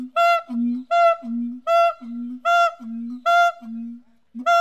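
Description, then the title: Siamang giving loud nasal hooting calls, a low droning note alternating with a higher, harmonic-rich call, repeated about every 0.8 seconds, no other sounds. "MONKEY, SIAMANG, HYLOBATES SYNDACTYLUS, ANIMAL. DIGIFFECTS. Primates - Monkeys, Chimps, Apes"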